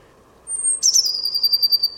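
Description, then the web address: Bird call: a thin high whistle that drops abruptly into a fast, slightly descending fluttering trill. "Deverinetal 2025 File origin Bird Only Cy Ca"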